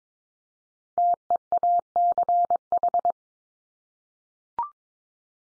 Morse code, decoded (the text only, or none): TEACH